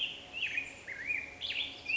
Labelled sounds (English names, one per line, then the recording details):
Black-headed Grosbeak
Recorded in Sonoma County, California